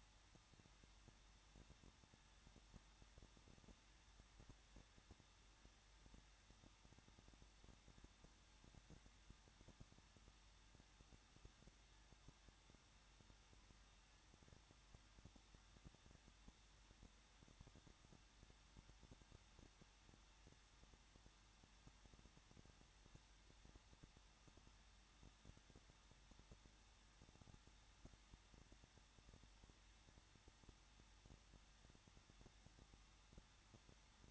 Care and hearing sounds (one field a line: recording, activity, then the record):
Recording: daily activity, microphone in the room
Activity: no activity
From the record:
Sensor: 3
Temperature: 21.2 degrees Celsius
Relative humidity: 36.3%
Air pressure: 1006.3 hPa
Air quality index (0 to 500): 222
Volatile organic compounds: 41 ppm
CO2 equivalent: 3165 ppm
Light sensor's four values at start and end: 2/3/2/2 and 2/3/2/2